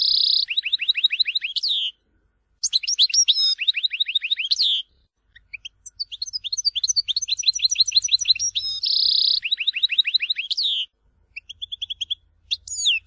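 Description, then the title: European goldfinch singing fast twittering phrases with harsh buzzy notes, bursts separated by short silences. "Chant Chardonneret"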